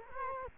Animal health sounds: mosquito wingbeat signal from an infrared sensor; Culex quinquefasciatus

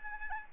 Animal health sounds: mosquito wingbeat signal from an infrared sensor; Aedes albopictus

